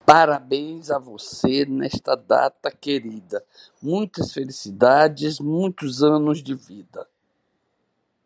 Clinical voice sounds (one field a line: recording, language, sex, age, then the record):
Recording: short text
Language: Brazilian Portuguese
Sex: female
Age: 70 to 79 years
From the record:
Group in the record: control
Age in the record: 75 years